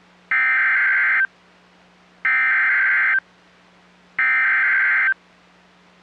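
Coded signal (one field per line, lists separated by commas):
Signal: Emergency Alert System (SAME) tones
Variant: header bursts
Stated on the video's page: NOAA Weather Radio EAS alerts for a Severe Thunderstorm Warning and a Special Marine Warning.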